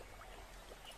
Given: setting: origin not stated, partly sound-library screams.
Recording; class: one-second piece from a danger detection set; normal situation